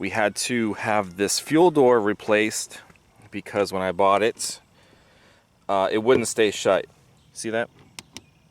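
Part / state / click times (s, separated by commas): fuel filler door latch on car body / seated / 8.0 s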